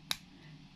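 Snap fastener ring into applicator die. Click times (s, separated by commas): 0.1 s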